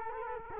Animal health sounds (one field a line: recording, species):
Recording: mosquito wingbeat signal from an infrared sensor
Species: Culex quinquefasciatus